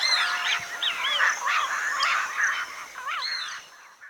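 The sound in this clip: Bird calls overlapping in a lively flock, with looping whistles, squeaky chirps and V-shaped notes. The chorus fades toward the end.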